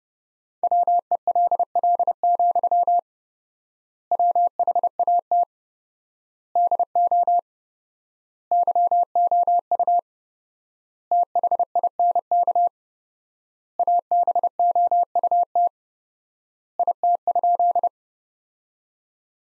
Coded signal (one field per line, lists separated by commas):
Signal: Morse code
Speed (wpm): 32 wpm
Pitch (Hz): 700 Hz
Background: none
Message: WELL, WHAT DO YOU THINK ABOUT IT?